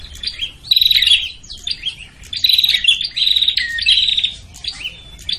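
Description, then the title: Prinia calls as scratchy, buzzy chatter in short bursts alternating with a few clipped chips, fairly steady in pitch, faint low rumble underneath. Noisy prinia calls in a five-hour loop, used as a lure to attract prinias, including red-headed and visiting birds. "Suara Prenjak Ribut Ampuh Buat Pikat Burung Prenjak Kepala Merah Prenjak Tamu"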